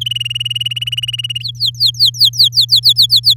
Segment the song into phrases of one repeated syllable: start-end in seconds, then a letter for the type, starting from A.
0.01-1.38 A, 1.40-3.34 B